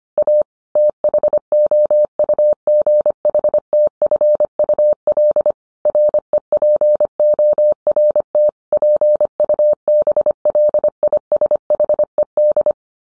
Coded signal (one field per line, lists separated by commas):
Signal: Morse code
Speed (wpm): 25 wpm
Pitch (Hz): 600 Hz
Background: none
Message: A THOUGHTFUL REPORT PUBLISHED